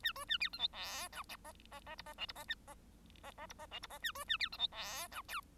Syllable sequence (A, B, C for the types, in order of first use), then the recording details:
A B A C D E F G H H H I H J I H H H I H J I H A B A C D E F G K. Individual Bird1